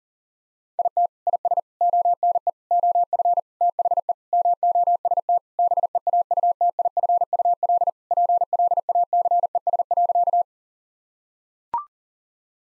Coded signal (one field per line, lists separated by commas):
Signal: Morse code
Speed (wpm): 40 wpm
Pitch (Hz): 700 Hz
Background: none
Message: IT IS ONE OF THE MOST BEAUTIFUL PLACES.